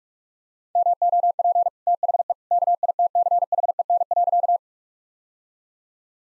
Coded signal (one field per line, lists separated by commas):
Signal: Morse code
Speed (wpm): 46 wpm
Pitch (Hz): 700 Hz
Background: none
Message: MOP THE KITCHEN.